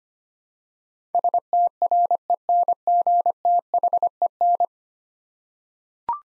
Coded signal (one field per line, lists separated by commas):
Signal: Morse code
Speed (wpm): 25 wpm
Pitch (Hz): 700 Hz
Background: none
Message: STRENGTHEN